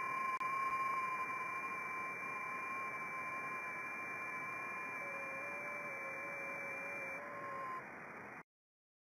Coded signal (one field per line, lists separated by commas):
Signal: FT8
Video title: 54 DXCC Countries on 10m FT8 29th Oct 2020